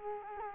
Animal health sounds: mosquito wingbeat signal from an infrared sensor; Culex quinquefasciatus

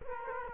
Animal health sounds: mosquito wingbeat signal from an infrared sensor; Culex quinquefasciatus

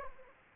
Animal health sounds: mosquito wingbeat signal from an infrared sensor; Anopheles arabiensis

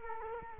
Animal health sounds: mosquito wingbeat signal from an infrared sensor; Culex quinquefasciatus

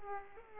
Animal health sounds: mosquito wingbeat signal from an infrared sensor; Aedes aegypti

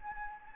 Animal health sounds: mosquito wingbeat signal from an infrared sensor; Anopheles gambiae

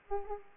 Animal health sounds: mosquito wingbeat signal from an infrared sensor; Aedes aegypti

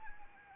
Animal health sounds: mosquito wingbeat signal from an infrared sensor; Anopheles arabiensis

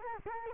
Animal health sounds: mosquito wingbeat signal from an infrared sensor; Culex quinquefasciatus

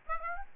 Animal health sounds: mosquito wingbeat signal from an infrared sensor; Aedes aegypti

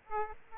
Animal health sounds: mosquito wingbeat signal from an infrared sensor; Aedes aegypti

